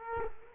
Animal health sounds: mosquito wingbeat signal from an infrared sensor; Culex quinquefasciatus

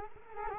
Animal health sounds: mosquito wingbeat signal from an infrared sensor; Culex quinquefasciatus

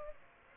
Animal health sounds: mosquito wingbeat signal from an infrared sensor; Aedes aegypti

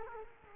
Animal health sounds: mosquito wingbeat signal from an infrared sensor; Culex quinquefasciatus

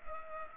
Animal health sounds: mosquito wingbeat signal from an infrared sensor; Culex pipiens

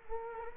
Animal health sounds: mosquito wingbeat signal from an infrared sensor; Culex quinquefasciatus

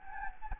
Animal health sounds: mosquito wingbeat signal from an infrared sensor; Anopheles gambiae

